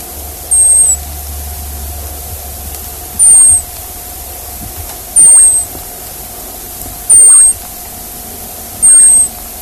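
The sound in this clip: Hazel dormouse calls: five short, high, faintly descending squeaks spaced roughly two seconds apart, with a constant humming tone underneath.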